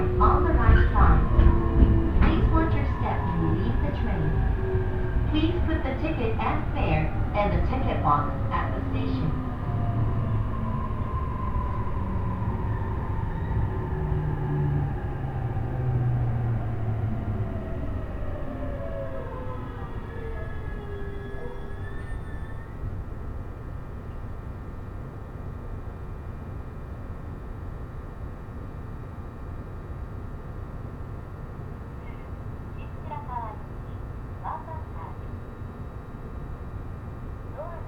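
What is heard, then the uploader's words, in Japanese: A train ride on the Tohoku Main Line between Kuroishi and Shin-Shirakawa, with a deep steady rumble and sharp rattling clicks in the first seventeen seconds. A falling whine slides down as the train slows, then a quieter, even hum continues with occasional faint knocks. 鉄道旅 東北本線 黒磯→新白河。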